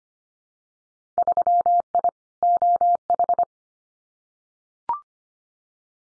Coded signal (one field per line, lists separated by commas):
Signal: Morse code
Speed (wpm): 25 wpm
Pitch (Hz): 700 Hz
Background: none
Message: 3I OH